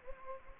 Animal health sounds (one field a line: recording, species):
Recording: mosquito wingbeat signal from an infrared sensor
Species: Anopheles gambiae